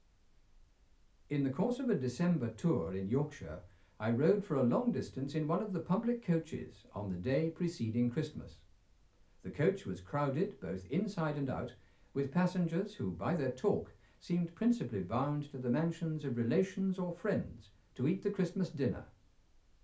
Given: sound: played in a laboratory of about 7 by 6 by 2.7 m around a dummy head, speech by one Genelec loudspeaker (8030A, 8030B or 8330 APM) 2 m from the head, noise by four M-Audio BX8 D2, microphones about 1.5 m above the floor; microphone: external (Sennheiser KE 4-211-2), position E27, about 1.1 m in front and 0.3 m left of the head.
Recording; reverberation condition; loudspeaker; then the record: male speech in English; low; 60 degrees to the right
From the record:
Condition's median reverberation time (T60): about 310 ms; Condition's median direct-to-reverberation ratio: about 3.5 dB